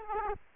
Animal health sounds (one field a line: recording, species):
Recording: mosquito wingbeat signal from an infrared sensor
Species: Aedes aegypti